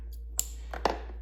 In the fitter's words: Make sure I get a good positive click.